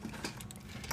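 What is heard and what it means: A double-pole circuit breaker, already hooked on the panel rail, is rotated forward and pushed so its spring clips grab the bus bar prongs. Quiet scraping and small ticks lead up to a final snap at 0.9 s. The breaker is seated on the bus bar.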